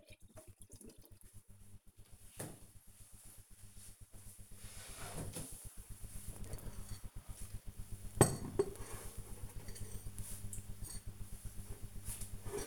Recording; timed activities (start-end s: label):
household activities, microphone on the right wrist
none